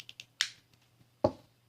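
After the heel spur fix, the plastic foot of an action figure is pushed onto its ankle joint. Light ticks at 0.1 and 0.2 s lead up to a sharp, bright snap at 0.4 s as it locks into place, followed by a duller, lower knock at 1.2 s.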